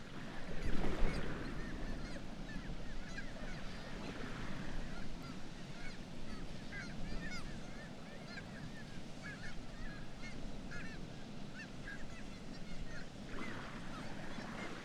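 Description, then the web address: Black-legged kittiwake calls: a busy run of overlapping cries from several birds over steady low background noise. "sound Black-legged-kittiwake. صدای-پرنده-کاکایی-پاسیاه"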